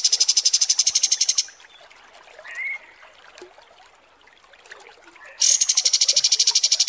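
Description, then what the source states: Kapas tembak song: fast pulsed trill for over a second, a short upward whistle during the quiet gap, then another rapid trill. Masteran tutor song for training cage birds, described as deluxe (mewah).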